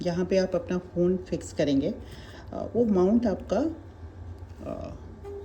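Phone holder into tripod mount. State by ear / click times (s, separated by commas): not seated / none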